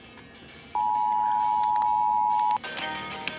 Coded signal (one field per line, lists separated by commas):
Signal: Emergency Alert System (SAME) tones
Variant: 853 and 960 Hz attention tone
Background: music